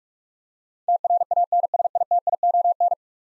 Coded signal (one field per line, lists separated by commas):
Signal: Morse code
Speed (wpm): 44 wpm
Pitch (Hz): 700 Hz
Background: none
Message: TRANSITION